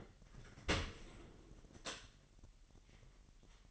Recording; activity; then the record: daily activity, microphone in the room; open dishwasher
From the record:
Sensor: 4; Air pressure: 1001.6 hPa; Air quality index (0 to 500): 247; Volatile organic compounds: 41 ppm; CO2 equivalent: 3162 ppm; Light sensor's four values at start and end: 8/19/7/7 and 8/18/7/6